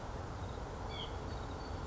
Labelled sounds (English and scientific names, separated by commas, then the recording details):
White-breasted Nuthatch (Sitta carolinensis)
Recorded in Sonoma County, California